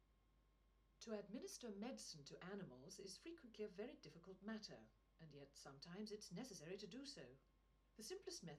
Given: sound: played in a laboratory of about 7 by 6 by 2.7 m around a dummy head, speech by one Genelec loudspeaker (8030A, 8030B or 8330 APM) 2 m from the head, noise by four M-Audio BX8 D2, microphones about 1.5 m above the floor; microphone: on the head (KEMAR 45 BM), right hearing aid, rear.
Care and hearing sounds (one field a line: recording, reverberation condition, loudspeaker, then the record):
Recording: female speech in English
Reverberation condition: low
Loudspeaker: 120 degrees to the right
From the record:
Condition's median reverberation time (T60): about 310 ms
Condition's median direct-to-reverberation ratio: about 3.5 dB